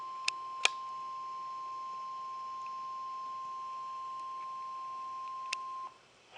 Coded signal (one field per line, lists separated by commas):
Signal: Emergency Alert System (SAME) tones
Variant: 1050 Hz attention tone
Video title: WXL58 RWT (my first test - EAS 35)